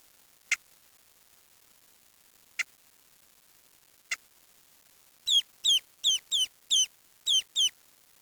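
Bird calls, three sharp isolated clicks followed by a quick irregular series of about seven high chirps, in a quiet setting.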